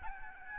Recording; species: mosquito wingbeat signal from an infrared sensor; Aedes albopictus